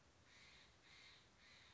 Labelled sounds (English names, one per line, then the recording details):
Steller's Jay
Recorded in Sonoma County, California